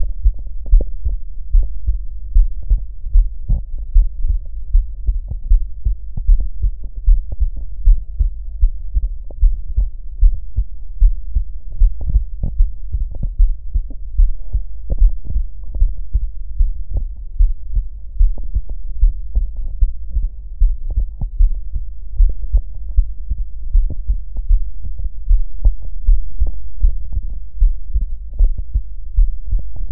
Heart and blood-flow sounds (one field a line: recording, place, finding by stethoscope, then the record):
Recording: heart sounds by stethoscope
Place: tricuspid valve (TV)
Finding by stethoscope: normal heart sounds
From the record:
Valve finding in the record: tricuspid regurgitation, grade 1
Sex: female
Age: 74 years